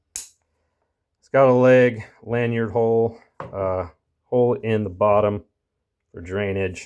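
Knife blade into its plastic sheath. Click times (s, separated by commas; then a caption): 0.2 s. A Glock fixed-blade field knife is pushed into its plastic sheath until the retention hook latches into the indentation, giving a sharp snap at 0.2 s. Someone then talks.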